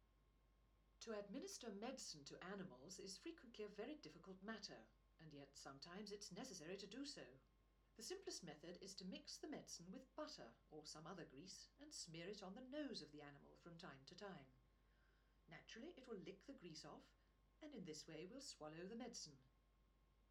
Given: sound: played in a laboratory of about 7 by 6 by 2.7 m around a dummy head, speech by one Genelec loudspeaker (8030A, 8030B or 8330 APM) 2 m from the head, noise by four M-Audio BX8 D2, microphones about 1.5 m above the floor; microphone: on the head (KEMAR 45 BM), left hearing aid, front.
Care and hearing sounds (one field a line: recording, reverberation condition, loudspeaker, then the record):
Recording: female speech in English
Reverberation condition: low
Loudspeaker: 120 degrees to the left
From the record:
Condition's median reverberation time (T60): about 310 ms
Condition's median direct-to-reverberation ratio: about 3.5 dB